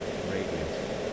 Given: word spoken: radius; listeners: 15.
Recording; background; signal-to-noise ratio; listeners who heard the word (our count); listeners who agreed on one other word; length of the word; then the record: one English word in noise, from a listening test; speech-shaped noise; -4.7 dB; 1 of 15; 6 of 15; 0.73 s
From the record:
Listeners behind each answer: 6, 2, 1, 1, 1, 1, 1, 1, 1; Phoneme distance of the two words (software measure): 17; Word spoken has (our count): 2 syllables, 5 phonemes, stress on syllable 1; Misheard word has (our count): 2 syllables, 6 phonemes, stress on syllable 1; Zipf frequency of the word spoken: 3.33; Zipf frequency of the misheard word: 3.08